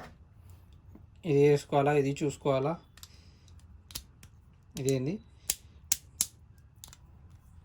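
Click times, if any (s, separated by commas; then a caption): 5.9 s, 6.2 s. Two parts of a plastic spinning-top toy, a spinning top layer and its disc or driver assembly, are pressed and twisted together until they lock. Someone talks at first, then small clicks and handling sounds lead to sharp loud clicks at 5.9 s and 6.2 s. The parts are seated and locked together.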